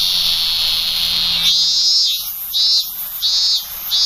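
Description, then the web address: Robust cicada: a steady high-pitched drone breaks into sharp repeated pulses. "sikioto insect minminzemi"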